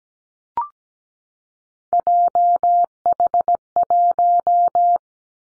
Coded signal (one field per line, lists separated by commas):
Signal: Morse code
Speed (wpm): 17 wpm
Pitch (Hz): 700 Hz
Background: none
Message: JH1